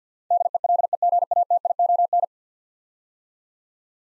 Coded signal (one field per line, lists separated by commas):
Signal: Morse code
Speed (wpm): 50 wpm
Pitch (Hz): 700 Hz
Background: none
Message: DELEGATION